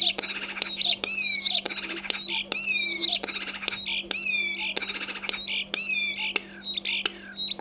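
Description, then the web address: Common starling singing varied phrases: slurred whistles alternate with short clicking rattles and squeaky notes, repeated in quick bursts throughout, with a faint constant hum underneath. "vogelstimmen star xenocanto"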